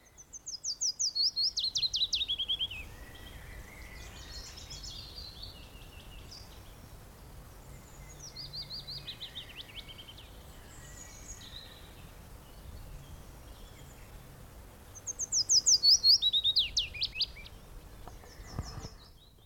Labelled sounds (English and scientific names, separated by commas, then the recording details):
Willow Warbler (Phylloscopus trochilus)
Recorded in the wild
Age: adult
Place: Blankenfelde, Tegeler Fließ, Berlin, DE
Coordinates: 52.625, 13.404
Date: 1992-04-25 12:31
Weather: böiger Wind, 16-23°C
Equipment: Nagra SN, Mikrofon AKG CK 8, Kopie Tesla B 116
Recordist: Tembrock, Günter
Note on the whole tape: Fließtal bei Mühlenbeck: Gesang (2 Exemplare)